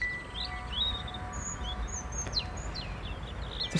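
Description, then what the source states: European Robin singing thin, high whistles and short descending notes in varied phrases, with low rumbling noise and faint held music tones beneath. Singing; recorded in Berlin, Germany, in October 2023.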